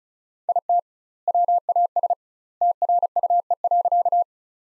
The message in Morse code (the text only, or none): IT WAS TRUE.